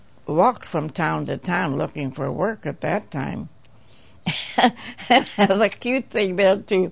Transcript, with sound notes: walked from town to town looking for work at that time. (laughs) It was a cute thing there too,